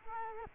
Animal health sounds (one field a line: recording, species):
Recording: mosquito wingbeat signal from an infrared sensor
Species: Culex quinquefasciatus